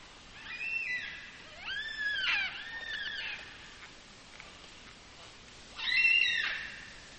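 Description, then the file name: Black cockatoo giving arched, mournful wailing calls in a short cluster, a pause, then one louder harsh cry near the end, over soft background hiss. "Black Cocky"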